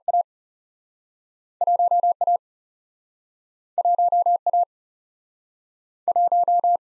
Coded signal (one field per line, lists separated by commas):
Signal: Morse code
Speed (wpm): 37 wpm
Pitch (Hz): 700 Hz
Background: none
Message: A 1 A 1 A 1